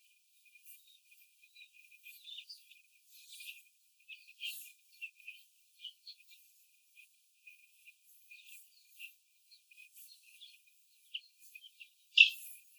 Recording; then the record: young laying hens in a cage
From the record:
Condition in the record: after the stressor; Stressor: simulated dog barking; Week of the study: 4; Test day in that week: 1